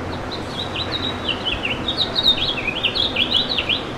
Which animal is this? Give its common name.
House Finch